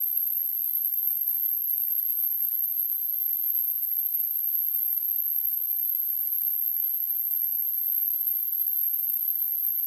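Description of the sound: A steady, very high-pitched whistling tone holds unchanged for about ten seconds over a faint soft hiss. This is a simulation of tinnitus, the continuous ringing or whistling that a person with the condition hears in the ears.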